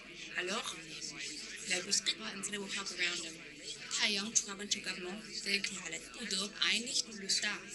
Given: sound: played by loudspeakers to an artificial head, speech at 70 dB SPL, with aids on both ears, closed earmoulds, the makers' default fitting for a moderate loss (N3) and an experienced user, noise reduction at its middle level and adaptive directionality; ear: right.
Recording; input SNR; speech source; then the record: speech test signal (ISTS) in cocktail-party noise; +3 dB; in front (0 degrees)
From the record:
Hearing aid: class 1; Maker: H